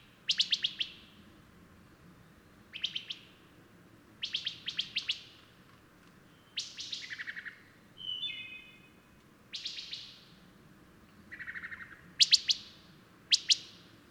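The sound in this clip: Bird song: short bright phrases of rapid notes repeated every one to two seconds, with a few clear whistled notes mixed in, over a quiet background.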